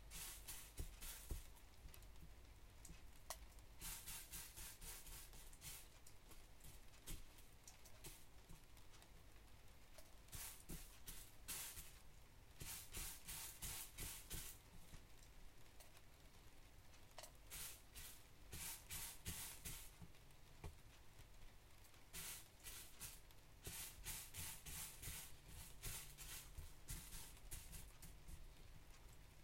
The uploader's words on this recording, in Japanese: しとしと雨の日の午前中。小麦にまざる草の種や茎を取り除いています。